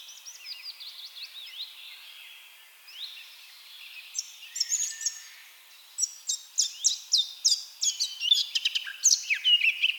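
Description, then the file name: Eurasian blackcap song: quiet, subdued twittering at first, then louder, sharper warbled notes in quick succession during the second half. "Sylvia atricapilla"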